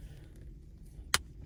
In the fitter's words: Okay, you can hear it pop like that.